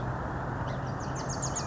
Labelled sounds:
Wilson's Warbler (Cardellina pusilla)
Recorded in Sonoma County, California

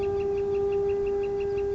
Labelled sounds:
Northern Flicker (Colaptes auratus)
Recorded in Sonoma County, California

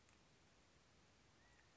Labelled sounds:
California Quail (Callipepla californica)
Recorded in Sonoma County, California

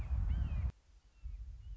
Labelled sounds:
Red-shouldered Hawk (Buteo lineatus)
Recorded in Sonoma County, California

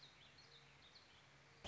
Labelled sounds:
Warbling Vireo (Vireo gilvus)
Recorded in Sonoma County, California

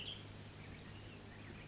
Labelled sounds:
Western Tanager (Piranga ludoviciana)
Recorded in Sonoma County, California

